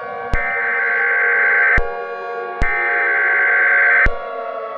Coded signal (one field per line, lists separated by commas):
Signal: Emergency Alert System (SAME) tones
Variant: header bursts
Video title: USA EAS(39) (Homestead, Florida)